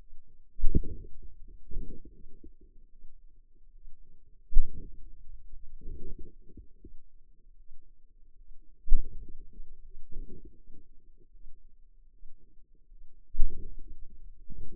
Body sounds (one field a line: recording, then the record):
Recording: forearm muscle sounds (acoustic myography)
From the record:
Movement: hand opening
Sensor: system 2, bracelet of six BSWA MPA416 microphones around the upper forearm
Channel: 2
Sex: female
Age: 23 years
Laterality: right